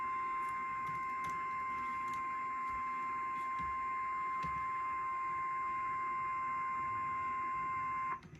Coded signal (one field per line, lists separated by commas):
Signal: Emergency Alert System (SAME) tones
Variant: 1050 Hz attention tone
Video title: (ARCHIVED) Why Louisiana?! EAS alerts #11-20 from 4/15/2023